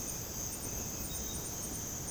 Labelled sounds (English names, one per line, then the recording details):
none
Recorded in dense forest near Puerto Asís, Putumayo, Colombia, on 21 February 2024 at 05:00
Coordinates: 0.486, -76.316
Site G6437